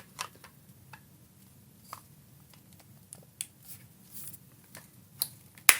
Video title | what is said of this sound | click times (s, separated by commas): FXOne Comin Soon from Babyliss - Lets talk about the new ecosystem of clippers | So you line it up and then you just push it in and it snaps in place. | 5.7 s